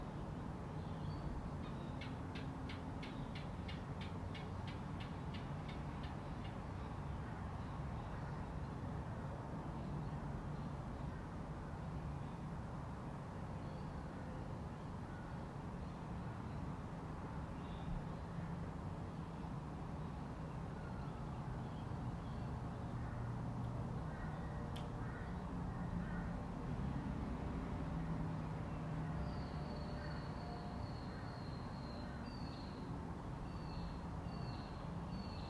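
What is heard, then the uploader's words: A quiet residential street with a steady low rumble of traffic throughout, swelling slightly as cars pass. Near the start a quick rattling tick repeats for a few seconds, one sharp click lands around 25 seconds, and short high bird chirps appear near the end. Quiet residential noise. Regular traffic nearby, with the odd car driving past. Soft distant noise of construction randomly.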